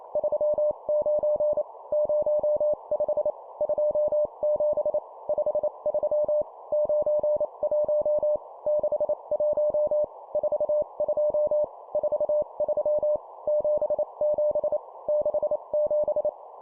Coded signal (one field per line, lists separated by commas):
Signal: Morse code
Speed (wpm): 28 wpm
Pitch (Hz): 600 Hz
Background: none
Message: 39 05 27 53 91 61 42 43 77 67